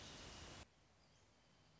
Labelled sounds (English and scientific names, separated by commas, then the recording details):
Wrentit (Chamaea fasciata)
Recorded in Sonoma County, California